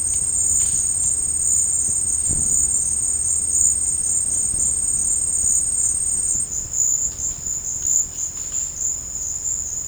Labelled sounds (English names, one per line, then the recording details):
none
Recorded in dense forest near Puerto Asís, Putumayo, Colombia, on 20 December 2024 at 13:30
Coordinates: 0.481, -76.323
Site G100